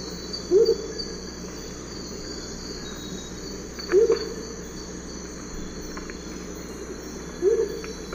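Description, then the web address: Amazonian motmot hoot song: short, low, soft hoots repeated about every three and a half seconds over a steady hum of insects. Hoot song; eastern lowlands of South America. "Natures Songs S America Eastern Lowlands. Momotus momota, hoot song"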